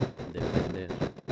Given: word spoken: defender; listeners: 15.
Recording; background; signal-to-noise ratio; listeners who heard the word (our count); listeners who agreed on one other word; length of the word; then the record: one Spanish word in noise, from a listening test; noise modulated by one talker; -8.6 dB; 4 of 15; 8 of 15; 0.92 s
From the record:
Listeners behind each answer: 8, 4, 1, 1, 1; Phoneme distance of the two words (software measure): 10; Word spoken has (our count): 3 syllables, 8 phonemes, stress on syllable 3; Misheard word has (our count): 3 syllables, 8 phonemes, stress on syllable 3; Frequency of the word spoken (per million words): 36.58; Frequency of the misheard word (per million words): 8.09